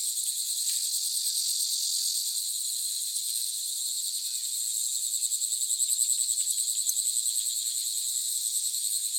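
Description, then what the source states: Cicadas in a dense, continuous high-pitched buzzing chorus, steady throughout with slight pulsing and no other clear sounds. Cicadas in China.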